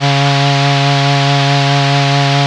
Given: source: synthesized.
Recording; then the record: sustained vowel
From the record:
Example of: Parkinson's disease, pathological voice